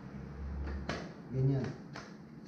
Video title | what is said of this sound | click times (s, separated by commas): EP-232 UNBOXING HAND BLENDER SET 70%OFF | nag-lock na ganyan siya guys saka mo na lang ipe-press na ganyan | 2.0 s